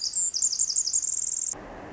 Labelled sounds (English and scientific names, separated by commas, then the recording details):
Pacific Wren (Troglodytes pacificus)
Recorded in Sonoma County, California